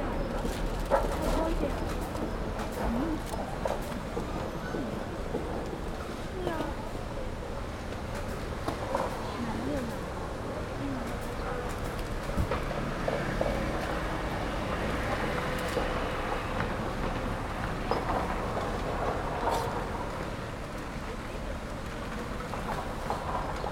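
Waiting by the south gate of Peking University, a steady city street murmur fills the whole stretch: overlapping voices of passersby and a low rumble of traffic. Scattered short clatters and footsteps break through often, with a brief dog-like bark near the middle.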